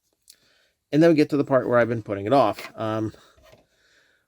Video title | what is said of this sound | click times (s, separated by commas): Studio Series Transformers One Starscream (Random Review) | That's hear a nice little snap when you close them up like that. | 0.3 s